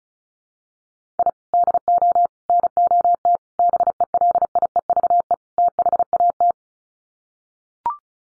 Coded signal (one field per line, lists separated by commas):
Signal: Morse code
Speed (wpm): 34 wpm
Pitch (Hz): 700 Hz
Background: none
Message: I DO NOT BELIEVE THAT